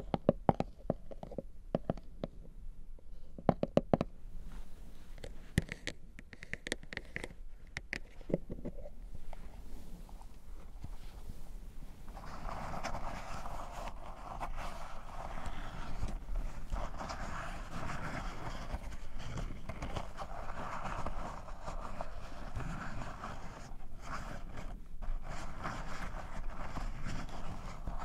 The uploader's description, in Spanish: Sonidos de boca y algunos de manos y miel